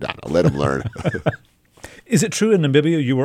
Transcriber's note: laughter